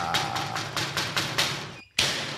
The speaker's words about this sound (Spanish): Oye, ya, y fíjate que justo cuando voy a hablar, macho, suena la puerta. ¡Voy! ¡Levántate ya!